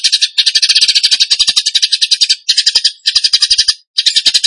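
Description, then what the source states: Bird song in several bursts of quick, high, buzzy chatter of varying length, separated by short silences. Bird song in the tembakan gacor style, used as masteran (training for other birds).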